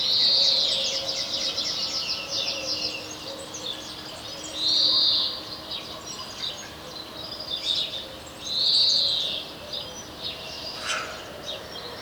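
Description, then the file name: European greenfinch song: drawn-out wheezy buzzes repeated about every four seconds, over steady background hiss. "Chloris chloris"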